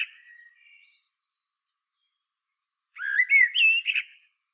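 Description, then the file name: Common blackbird: a quiet fading whistled tail, silence, then one rich warbled phrase with squeaky high overtones. "Turdus merula"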